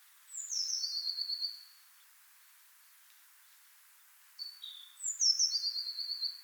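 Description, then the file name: Eurasian blue tit calls: two bursts of thin, high notes stepping downward into a short buzzy trill, separated by a short pause. "Cyanistes caeruleus"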